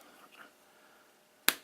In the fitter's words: caps snap into place very nicely